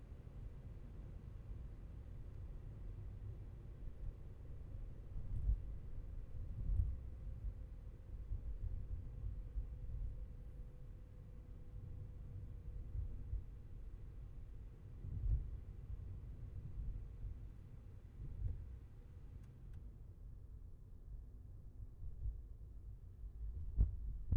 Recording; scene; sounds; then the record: everyday scene through a hearing-aid microphone; in a vehicle; engine, highway traffic jam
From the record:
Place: Skoda Fabia, gasoline engine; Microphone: behind the ear, left, front